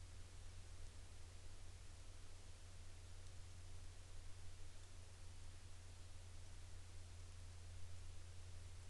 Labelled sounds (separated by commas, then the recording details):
aircraft
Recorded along the Dalton Highway, Alaska, on 22 September 2019 at 16:03
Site 10